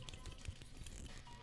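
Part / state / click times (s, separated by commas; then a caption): plastic combiner limb joint into the robot body socket / not seated / none. A plastic limb joint of a combiner toy is handled against the robot body socket, getting ready to click in as the second combiner joint. Faint plastic taps and rustling sit over a low background hum. Nothing has seated or clicked yet by the end of the clip.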